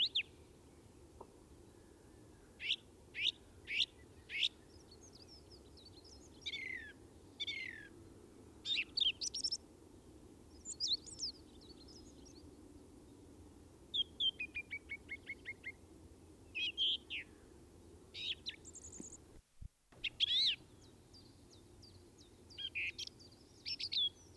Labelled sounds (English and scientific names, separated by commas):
Song Thrush (Turdus philomelos) song